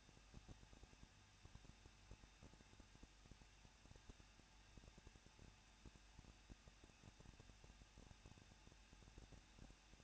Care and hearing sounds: daily activity, microphone in the room; no activity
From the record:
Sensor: 2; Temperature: 21.0 degrees Celsius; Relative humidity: 37.3%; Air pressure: 1006.2 hPa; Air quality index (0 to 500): 221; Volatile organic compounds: 24 ppm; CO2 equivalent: 2803 ppm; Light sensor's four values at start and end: 2/3/2/2 and 2/3/2/2

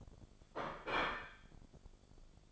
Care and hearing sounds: daily activity, microphone in the room; place plate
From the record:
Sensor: 5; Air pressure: 1004.4 hPa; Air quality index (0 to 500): 172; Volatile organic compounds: 4 ppm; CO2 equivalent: 1614 ppm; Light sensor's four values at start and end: 17/40/15/14 and 17/40/15/14

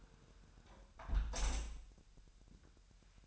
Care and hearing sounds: daily activity, microphone in the room; close window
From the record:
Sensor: 2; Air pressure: 999.8 hPa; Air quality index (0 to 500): 226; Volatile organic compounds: 57 ppm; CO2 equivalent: 3377 ppm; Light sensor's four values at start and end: 8/19/8/8 and 8/19/8/8

